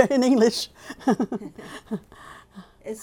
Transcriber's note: they laugh